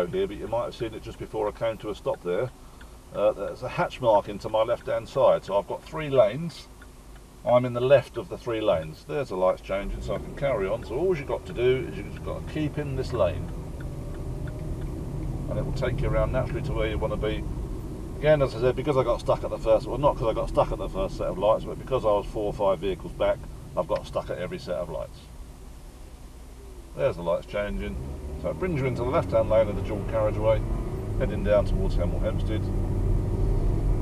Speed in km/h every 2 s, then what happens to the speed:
0, 0, 0, 0, 15, 23, 29, 32, 31, 26, 18, 6, 3, 18, 31, 40, 50.
0-6 standing. 6-13 pulls away to 32. 17-24 brakes to 3. 24-34 speeds up to 50.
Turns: 11-13.